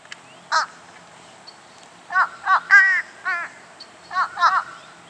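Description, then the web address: Fish crow uttering a run of clipped, nasal caws, several paired or doubled, in irregular bursts across about four seconds against a low background hiss. "crows"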